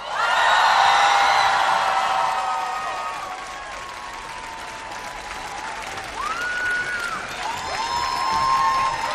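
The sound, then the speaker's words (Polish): A large festival crowd in Gdynia, in fine weather, cheers and shouts over sustained applause at a concert broadcast by Polish Radio Trójka, with whistles and high whoops rising above the roar, loud at first, easing slightly, then swelling again toward the end. “Albo wy możecie cały czas krzyczeć.”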